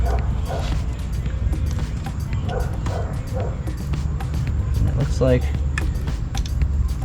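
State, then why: Seated. A new plastic fuel strainer sock is pushed onto the inlet of a Ford Ranger fuel pump while someone talks. It snaps on with a sharp click at 5.8 s and is seated in place, not wanting to come off.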